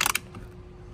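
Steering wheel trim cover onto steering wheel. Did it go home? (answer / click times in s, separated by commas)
yes / 0.0 s, 0.1 s, 0.2 s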